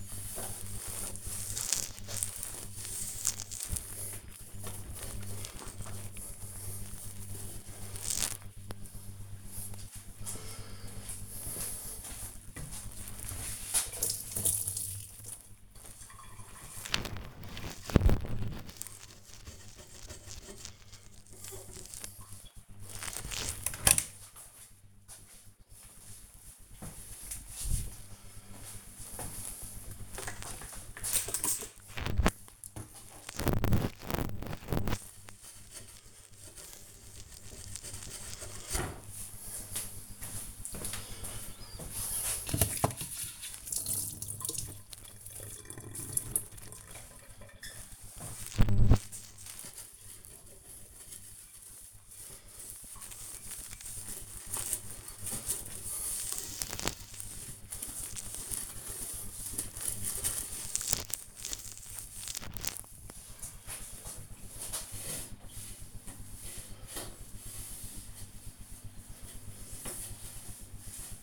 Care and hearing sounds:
household activities, microphone on the right wrist
0.00-71.23 s: kitchen
20.48-71.23 s: cleaning the cupboard

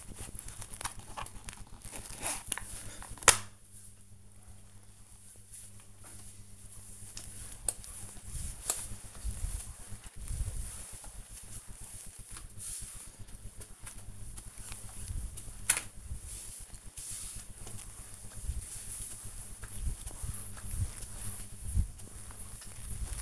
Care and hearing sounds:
household activities, microphone on the right wrist
0.00-23.21 s: floor cleaning

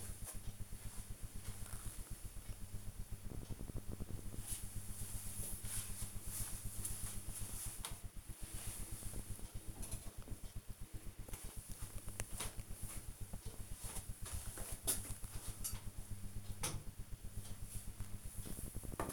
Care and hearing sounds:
household activities, microphone on the right wrist
none

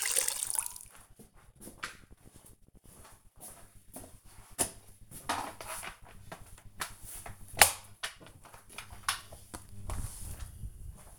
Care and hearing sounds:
household activities, microphone on the right wrist
0.00-11.19 s: floor cleaning

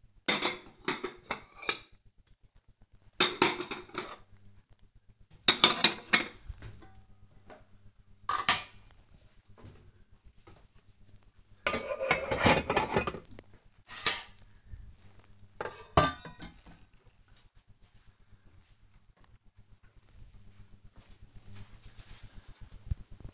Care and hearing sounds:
household activities, microphone on the right wrist
0.00-18.41 s: putting away the dishes

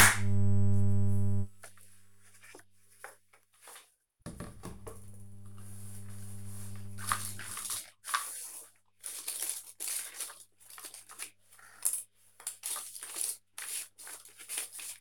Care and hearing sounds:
household activities, microphone on the right wrist
4.09-15.01 s: doing a puzzle

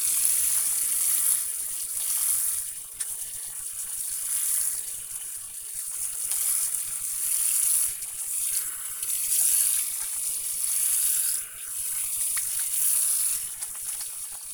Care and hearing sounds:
household activities, microphone on the right wrist
0.00-14.54 s: washing hands

